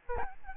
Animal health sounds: mosquito wingbeat signal from an infrared sensor; Aedes albopictus

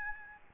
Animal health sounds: mosquito wingbeat signal from an infrared sensor; Aedes albopictus

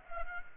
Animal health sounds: mosquito wingbeat signal from an infrared sensor; Culex pipiens

